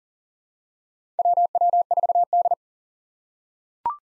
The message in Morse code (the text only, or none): WW4D